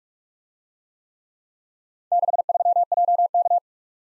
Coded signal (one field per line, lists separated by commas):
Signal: Morse code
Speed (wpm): 44 wpm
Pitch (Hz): 700 Hz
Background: none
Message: 63JK